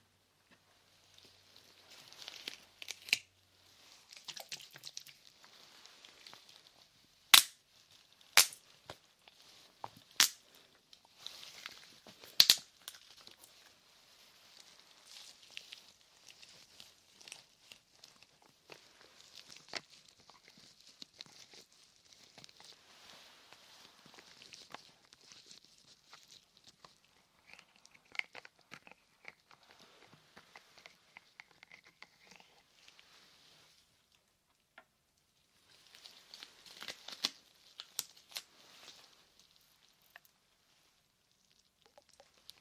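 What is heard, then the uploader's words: Soft cupping and rustling fill the recording with a hushed, airy hiss, rising and falling in gentle waves. Sharp taps punctuate it, clustered around seven to thirteen seconds and again near thirty-seven seconds. It is otherwise quiet, with almost no low sound. ASMR Ear Cupping Intense Tingles.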